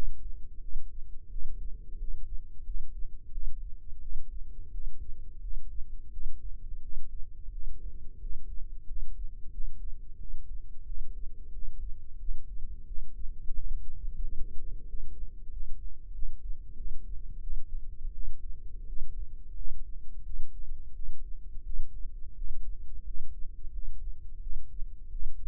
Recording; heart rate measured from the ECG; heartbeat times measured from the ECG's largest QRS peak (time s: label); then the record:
heart sounds by microphone in the left ear; 88 bpm
0.59 s: heartbeat
1.28 s: heartbeat
1.96 s: heartbeat
2.63 s: heartbeat
3.30 s: heartbeat
3.98 s: heartbeat
4.70 s: heartbeat
5.39 s: heartbeat
6.09 s: heartbeat
6.80 s: heartbeat
7.50 s: heartbeat
8.18 s: heartbeat
8.85 s: heartbeat
9.50 s: heartbeat
10.16 s: heartbeat
10.84 s: heartbeat
11.50 s: heartbeat
12.17 s: heartbeat
12.84 s: heartbeat
13.52 s: heartbeat
14.20 s: heartbeat
14.86 s: heartbeat
15.49 s: heartbeat
16.11 s: heartbeat
16.74 s: heartbeat
17.39 s: heartbeat
18.11 s: heartbeat
18.85 s: heartbeat
19.53 s: heartbeat
20.22 s: heartbeat
20.91 s: heartbeat
21.62 s: heartbeat
22.34 s: heartbeat
23.02 s: heartbeat
23.71 s: heartbeat
24.39 s: heartbeat
25.09 s: heartbeat
From the record:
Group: healthy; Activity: rest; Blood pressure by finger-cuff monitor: 110/66 mmHg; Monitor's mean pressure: 78 mmHg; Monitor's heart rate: 88 bpm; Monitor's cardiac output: 7.8 L/min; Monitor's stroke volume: 90 mL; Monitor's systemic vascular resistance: 720 dyn s/cm5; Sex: male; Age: 19 years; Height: 178 cm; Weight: 83 kg